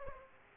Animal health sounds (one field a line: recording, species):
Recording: mosquito wingbeat signal from an infrared sensor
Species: Aedes aegypti